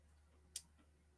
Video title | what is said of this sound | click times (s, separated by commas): RG God Gundam LIVE BUILD! | Was that it? No. I thought I heard it click, but not quite. Oh, maybe I did. | 0.6 s